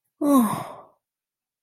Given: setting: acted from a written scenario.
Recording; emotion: vocal sound without words; romantic love